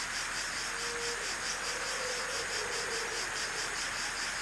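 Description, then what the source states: Cricket chorus of rapid high-pitched pulses forming a continuous shimmering trill. Night forest ambience with crickets, made for sleep and relaxation.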